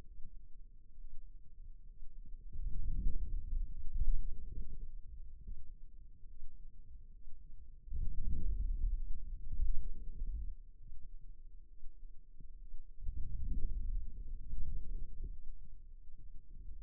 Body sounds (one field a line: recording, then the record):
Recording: forearm muscle sounds (acoustic myography)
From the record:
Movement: outward rotation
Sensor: system 2, bracelet of six BSWA MPA416 microphones around the upper forearm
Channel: 6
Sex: male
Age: 22 years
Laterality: right